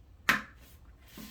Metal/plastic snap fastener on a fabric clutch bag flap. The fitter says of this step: and it's just going to snap into place